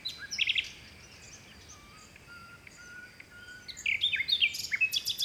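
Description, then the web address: Songbird with a quick high trill at the start, a quiet pause with faint whistles, then a lively run of varied chirps and twitters near the end. Mediterranean forest by the sea in Greece, early morning in spring. "2019-Game Audio Bundle West Wolf - Seaside Nature And Waves - Nature Forest Birds Wind Early Morning Spring Distant Sea Mediterranean Grece"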